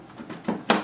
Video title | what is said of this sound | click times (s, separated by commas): Heathkit Hero Junior Rebuild Part 2: Making the Head Spin | So you got to kind of position it just right, and when you do it, just snaps in place, and it is, you know, it's on there reasonably solid. | 0.7 s